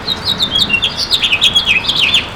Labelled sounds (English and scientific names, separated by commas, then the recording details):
House Finch (Haemorhous mexicanus) song
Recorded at Baldwin on Long Island, New York, on 28 May 2013
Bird H